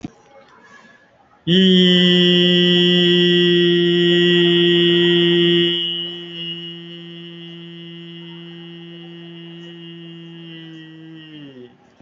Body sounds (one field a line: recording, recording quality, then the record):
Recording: sustained vowel as in beet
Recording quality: excellent, no background noise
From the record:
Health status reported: respiratory illness, not identified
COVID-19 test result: negative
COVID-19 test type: RT-PCR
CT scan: taken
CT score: 0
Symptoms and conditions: cold, breathing difficulty, fatigue, muscle pain, chronic lung disease, another respiratory illness, hypertension, another condition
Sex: male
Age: 32 years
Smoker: no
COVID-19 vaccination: one dose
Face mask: worn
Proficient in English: yes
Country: India